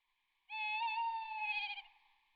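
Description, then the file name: Tawny owl giving a single drawn-out hoot lasting over a second, steady and slightly wavering toward the end, then fading. "bosuil"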